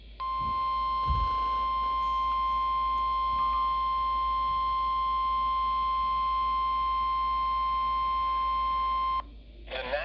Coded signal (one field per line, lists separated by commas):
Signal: Emergency Alert System (SAME) tones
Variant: 1050 Hz attention tone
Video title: EAS #20 Severe Thunderstorm Warning Issued on WXM51 | June 14th, 2024